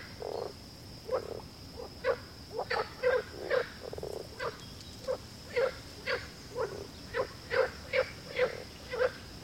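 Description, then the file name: Frog giving short, low croaks repeated about twice a second in a steady series, over a faint constant high hum. "grenouille"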